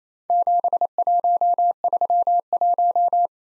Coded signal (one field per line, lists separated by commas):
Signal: Morse code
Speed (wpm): 27 wpm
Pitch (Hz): 700 Hz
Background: none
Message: 7131